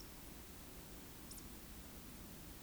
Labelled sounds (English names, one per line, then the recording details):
Eurasian Woodcock whistle
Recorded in Baden-Württemberg, Germany, on 9 June 2021 at 20:15 UTC
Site 25175, 602 m above sea level